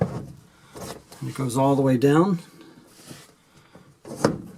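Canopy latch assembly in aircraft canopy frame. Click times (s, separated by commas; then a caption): 4.2 s. On a homebuilt Sonex aircraft, the canopy latch handle in the canopy frame is pulled all the way back and goes all the way down while someone talks. A sharp, loud hit at 4.3 s marks the canopy latch locking into place.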